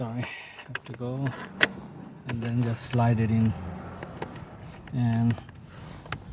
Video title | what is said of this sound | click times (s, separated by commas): Why You Need Seat Jackers Installed | going to heard it click there you go make sure it's tied not flimsy there you go it's tight nicely secure | 6.1 s